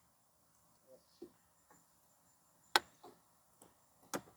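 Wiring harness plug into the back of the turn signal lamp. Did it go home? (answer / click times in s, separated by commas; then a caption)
yes / 2.8 s. A wiring harness plug is pushed into the back of a front turn signal light on a John Deere Gator 875M. After a few faint handling knocks, it snaps into place with a sharp click at 2.8 s, followed by softer taps and another click near 4.1 s. The plug is seated.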